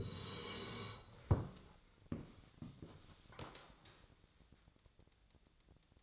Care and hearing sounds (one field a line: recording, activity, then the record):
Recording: daily activity, microphone in the room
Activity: sit down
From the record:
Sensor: 3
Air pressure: 1000.4 hPa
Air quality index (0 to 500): 168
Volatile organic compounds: 3 ppm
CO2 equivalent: 1468 ppm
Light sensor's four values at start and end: 14/34/14/15 and 15/34/15/15